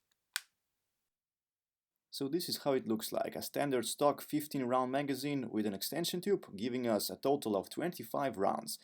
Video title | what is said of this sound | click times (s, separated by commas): MEX19 (10 Round Magazine Extension for Glock 19) review | you simply push it down and slide it until you hear a click a positive click which means it's secured in place it's not going to go anywhere | 0.4 s